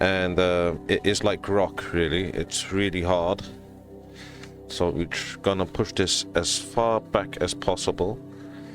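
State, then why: Not seated. A man talks over background music while a hard PETG printed part for a shoulder mod on a Fanhome Iron Man MKIII armour model is pushed as far back as it will go. Nothing has seated or clicked yet by the end of the clip.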